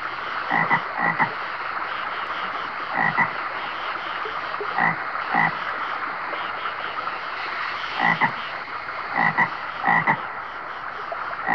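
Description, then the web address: American bullfrog croaks in irregular clusters of two or three throaty pulses, a few seconds apart, over continuous background noise. Recorded at a stream with insects calling. "DESN 275 sound Library animals frog-bullfrog"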